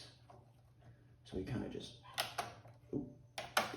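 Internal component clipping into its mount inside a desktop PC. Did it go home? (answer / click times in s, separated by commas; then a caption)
yes / 3.4 s, 3.6 s. During reassembly of an Asus ROG G20CB desktop PC, an internal component with a set placement is pressed down into its mount while someone talks. Its clips snap home on one side and then the other with sharp clicks at 3.4 s and 3.6 s, and the component is seated.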